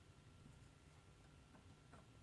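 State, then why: Not seated. A small magnetic door on a Hidromek HMK490 RC scale model excavator cab is handled as it is being shut, heard as faint, soft ticks and light handling noise over a steady low background hum. The door has not latched or clicked shut yet.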